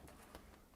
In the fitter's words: here onto this guy. That snaps right into place.